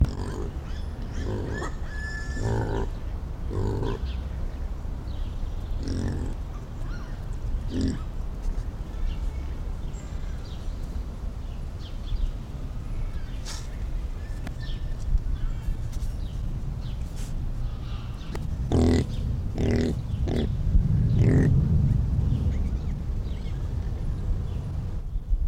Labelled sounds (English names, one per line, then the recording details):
Wild Boar
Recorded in captivity
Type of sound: grunt, breathing, scream
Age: juvenile
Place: Tierpark Berlin, Berlin, DE
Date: 1994-07-09 13:10
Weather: heiter, 16-20°C, böiger Wind
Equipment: Marantz CP 430, Sennheiser ME 80, Kopie Uher Variocord 263
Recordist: Tembrock, Günter
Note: Ferkel (noch gestreift) kommt zum Gitter